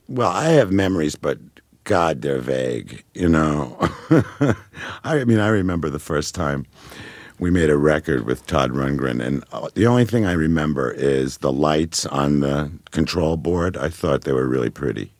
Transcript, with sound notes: Well, I have memories but, God, they're vague, you know? (Laughs) I mean, I remember the first time we made a record with Todd Rundgren, and the only thing I remember is the lights on the control board, I thought they were really pretty.